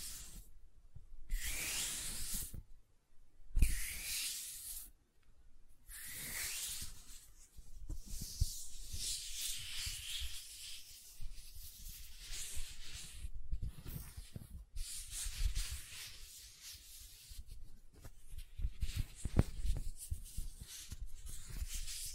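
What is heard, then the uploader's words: Soft silicone sounds, heard as rubbing and brushing strokes with a hissy, bright texture. The first seven seconds bring short separate bursts broken by silences; after that the rubbing runs on nearly without pause, swelling and easing, with faint low taps and thumps now and then. ASMR Gentle Silicon Sounds for Sleep (No Talking).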